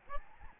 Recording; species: mosquito wingbeat signal from an infrared sensor; Aedes albopictus